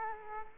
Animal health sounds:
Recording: mosquito wingbeat signal from an infrared sensor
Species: Culex quinquefasciatus

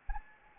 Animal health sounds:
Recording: mosquito wingbeat signal from an infrared sensor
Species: Anopheles arabiensis

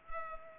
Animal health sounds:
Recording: mosquito wingbeat signal from an infrared sensor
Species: Culex pipiens

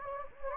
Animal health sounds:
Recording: mosquito wingbeat signal from an infrared sensor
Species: Anopheles gambiae

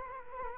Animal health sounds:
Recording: mosquito wingbeat signal from an infrared sensor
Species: Culex quinquefasciatus

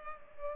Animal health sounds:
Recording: mosquito wingbeat signal from an infrared sensor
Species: Culex pipiens

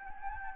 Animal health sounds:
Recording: mosquito wingbeat signal from an infrared sensor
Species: Anopheles gambiae

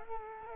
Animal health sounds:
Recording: mosquito wingbeat signal from an infrared sensor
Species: Culex quinquefasciatus

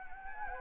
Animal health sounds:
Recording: mosquito wingbeat signal from an infrared sensor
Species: Anopheles gambiae

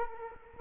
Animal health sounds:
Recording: mosquito wingbeat signal from an infrared sensor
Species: Culex quinquefasciatus

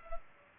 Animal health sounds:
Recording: mosquito wingbeat signal from an infrared sensor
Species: Culex pipiens

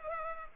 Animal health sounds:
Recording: mosquito wingbeat signal from an infrared sensor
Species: Culex pipiens

